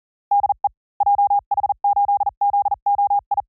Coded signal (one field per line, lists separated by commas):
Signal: Morse code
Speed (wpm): 40 wpm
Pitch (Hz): 810 Hz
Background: none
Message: DE JH8ZOI